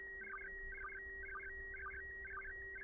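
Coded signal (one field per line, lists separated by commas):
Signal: SSTV (slow-scan television)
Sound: steady mid-pitched tone broken every half second by warbling chirps dipping low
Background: low steady hum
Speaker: Here we go. Oh yeah, this one's coming in nicely.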